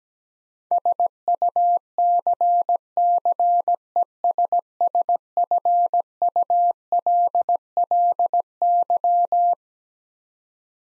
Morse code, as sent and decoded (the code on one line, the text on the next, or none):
... ..- -.-. -.-. . ... ... ..-. ..- .-.. .-.. -.--
SUCCESSFULLY